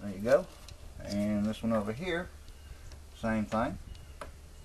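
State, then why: Not seated. Someone talks while handling a second wiring harness plug at an engine intake sensor, with a few faint ticks and taps toward the end. The connector has not clicked in or seated yet.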